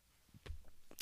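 A single abrupt, deep gulping burst cuts through a quiet room, followed by a few faint mouth and movement noises. It is an adult's hiccup, an involuntary diaphragm spasm snapping the throat shut.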